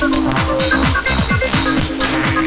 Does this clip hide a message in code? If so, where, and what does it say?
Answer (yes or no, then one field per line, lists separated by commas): no